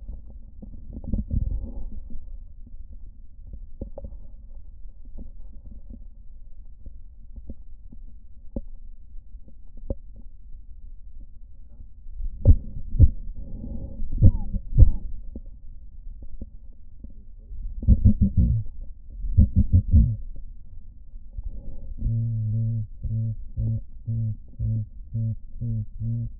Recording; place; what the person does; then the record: lung sounds by stethoscope; right posterior basal chest; quiet breathing, then cough and speech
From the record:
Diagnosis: none (healthy); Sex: male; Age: 23 years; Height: 185 cm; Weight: 93 kg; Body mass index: 27.2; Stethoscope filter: diaphragm mode